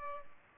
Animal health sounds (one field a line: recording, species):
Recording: mosquito wingbeat signal from an infrared sensor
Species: Culex pipiens